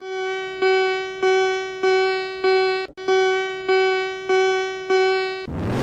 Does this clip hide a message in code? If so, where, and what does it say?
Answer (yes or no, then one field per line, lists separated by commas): no